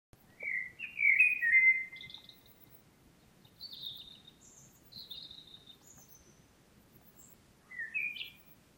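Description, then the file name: Common blackbird song: a rich fluty warble, then several thin, high squeaky twitters spread over the following seconds, and a final fluty phrase. "Turdus merula"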